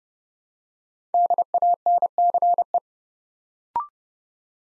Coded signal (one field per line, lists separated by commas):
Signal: Morse code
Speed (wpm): 30 wpm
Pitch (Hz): 700 Hz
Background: none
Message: DANCE